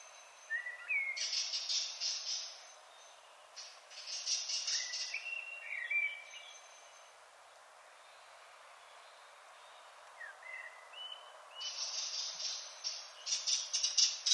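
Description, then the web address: Redwing song: short fluty whistles around the mid range alternating with bursts of high, scratchy twittering, in phrases separated by quieter pauses. "HGW birds \ \aves Rodvingetrast"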